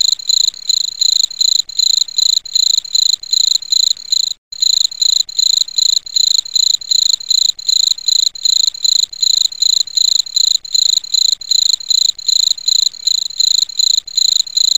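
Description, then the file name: Cricket fighting chirps, a fast run of shrill, ringing pulse bursts in quick succession, interrupted once by a short pause. Cricket fight (tarung jangkrik) sounds on a masteran bird-training recording. "masteran cendet lovebird gereja tarung jangkrik omkicau"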